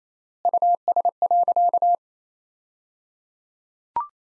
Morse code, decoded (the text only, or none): US.